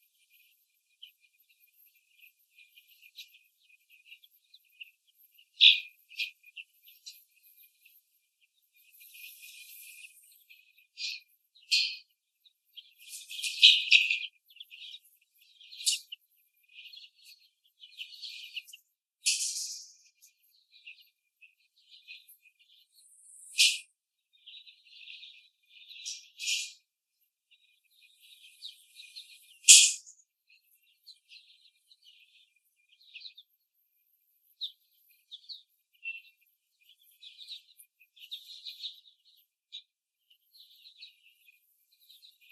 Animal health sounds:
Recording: young laying hens in a cage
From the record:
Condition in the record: after the stressor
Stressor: simulated dog barking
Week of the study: 3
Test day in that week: 2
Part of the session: 1

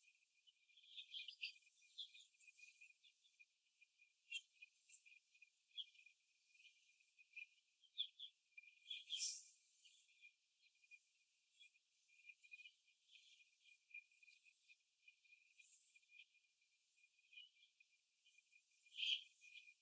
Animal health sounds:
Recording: young laying hens in a cage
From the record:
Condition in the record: after the stressor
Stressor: simulated dog barking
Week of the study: 2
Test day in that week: 2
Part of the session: 2

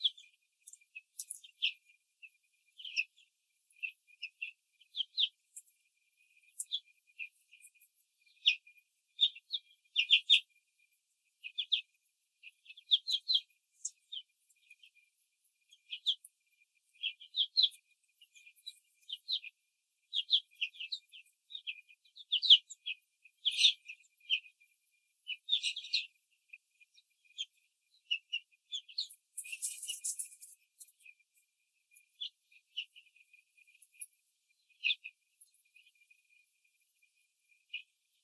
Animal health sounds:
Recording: young laying hens in a cage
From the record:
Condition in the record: control cage, after the stress test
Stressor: none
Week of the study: 4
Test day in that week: 3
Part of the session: 2

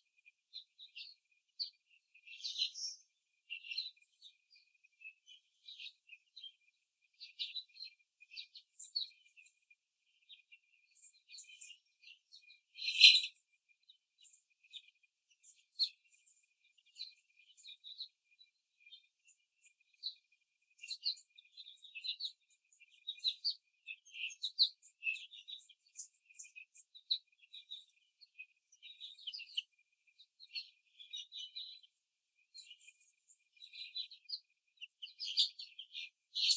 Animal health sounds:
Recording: young laying hens in a cage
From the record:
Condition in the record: after the stressor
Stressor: simulated dog barking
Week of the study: 3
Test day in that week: 1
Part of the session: 3

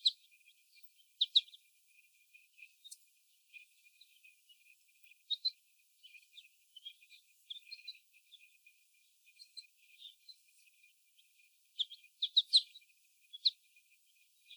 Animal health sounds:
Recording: young laying hens in a cage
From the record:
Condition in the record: before the stressor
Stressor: sudden umbrella opening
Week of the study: 1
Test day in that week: 1

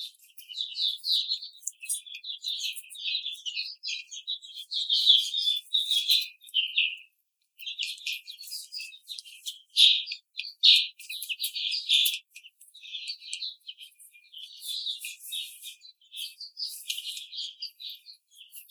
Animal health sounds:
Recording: young laying hens in a cage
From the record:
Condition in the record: treatment cage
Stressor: simulated dog barking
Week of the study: 5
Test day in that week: 1

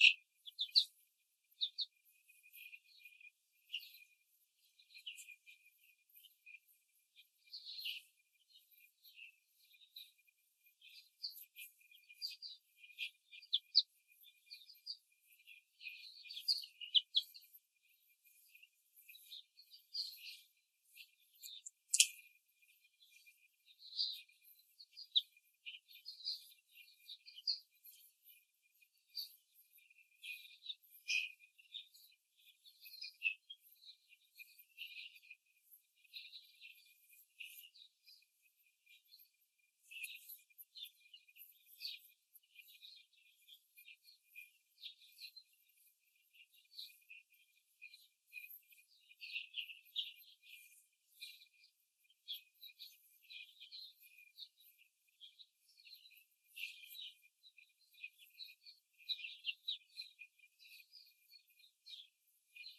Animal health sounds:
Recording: young laying hens in a cage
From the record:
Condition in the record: control cage, before the stress test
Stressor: none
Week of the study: 4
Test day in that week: 1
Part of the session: 1

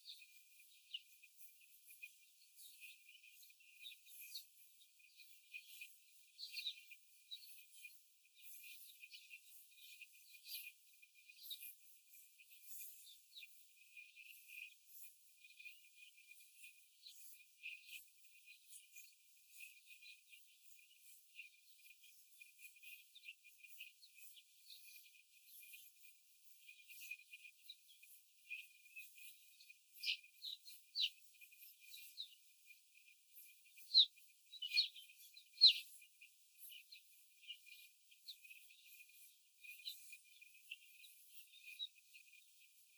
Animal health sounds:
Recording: young laying hens in a cage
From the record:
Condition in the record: after the stressor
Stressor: simulated dog barking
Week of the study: 4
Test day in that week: 1

